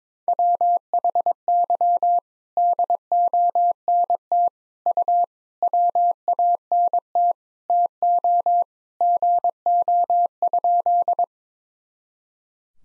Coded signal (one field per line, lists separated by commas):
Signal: Morse code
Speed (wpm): 22 wpm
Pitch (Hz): 700 Hz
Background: none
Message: WHY DONT U WANT TO GO?